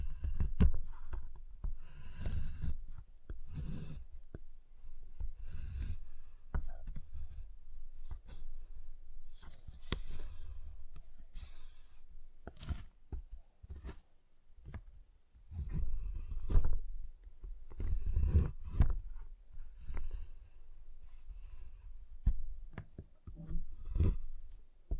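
Tapping, cutting and snapping on a giant chocolate bar, heard as a stream of short, sharp knocks and cracks at an irregular pace. Heavier thuds with a deep low thump come in clusters around the start and again near fifteen to nineteen seconds. Quieter scraping fills the gaps.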